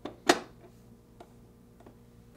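A plastic cover with locking tabs is pressed firmly into the ice compartment housing of a Whirlpool refrigerator during replacement of emitter circuit board part W10870822. A faint tap at 0.1 seconds is followed by a strong, sharp click at 0.3 seconds as the tabs seat, then a few quieter ticks. The cover is seated.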